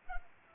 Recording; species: mosquito wingbeat signal from an infrared sensor; Culex pipiens